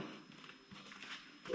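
A colour-coded hydraulic hose quick coupler is handled at the matching fitting on a Kubota LA 525 front end loader, red to red. Soft scuffs and handling noises rise in level toward the end, but nothing has seated or clicked yet.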